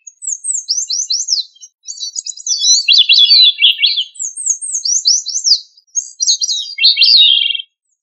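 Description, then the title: Thrush delivering fast, high cascades of downslurred notes in near-continuous phrases with brief gaps, with no other sounds present. "Familia Turdidae - Sabia"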